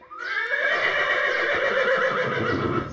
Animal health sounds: contact call of a hoofed animal; horse; whinny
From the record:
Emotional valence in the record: positive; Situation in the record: reunion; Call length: 3.0 s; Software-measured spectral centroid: 1740 Hz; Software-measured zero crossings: 2770 a second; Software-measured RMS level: -24 dBFS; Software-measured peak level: -10 dBFS

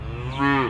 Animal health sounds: contact call of a hoofed animal; cattle; low-frequency (closed-mouth) or high-frequency (open-mouth) call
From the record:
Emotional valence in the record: negative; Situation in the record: full separation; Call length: 0.70 s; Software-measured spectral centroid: 1540 Hz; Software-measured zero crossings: 1570 a second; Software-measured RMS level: -23 dBFS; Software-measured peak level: -7 dBFS

